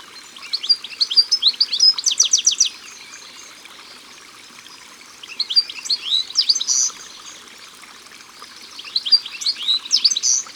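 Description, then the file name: European goldfinch singing three lively bursts of high twittering, separated by quiet pauses. Recorded by the water. "Chardonneret elegant Au bord de leau"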